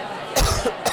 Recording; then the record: coughing mixed with background sound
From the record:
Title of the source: Coughing 79